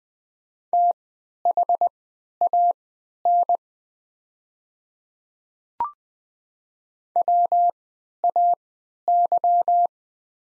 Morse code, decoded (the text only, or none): THAN WAY